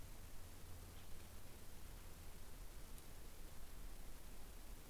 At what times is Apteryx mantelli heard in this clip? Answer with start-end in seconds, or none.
none